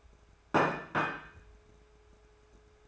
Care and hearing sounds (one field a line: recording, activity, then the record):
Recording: daily activity, microphone in the room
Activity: place plate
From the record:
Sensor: 2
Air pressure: 1014.9 hPa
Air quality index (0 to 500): 204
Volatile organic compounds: 20 ppm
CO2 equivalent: 2689 ppm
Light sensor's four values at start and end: 22/51/22/25 and 21/51/22/24